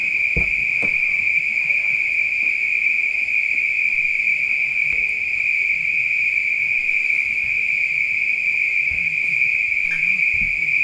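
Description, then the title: Many spring peepers call at once, making a steady piercing high drone, broken by a few soft clicks and knocks. Peepers at night. "neoscenes: night peepers"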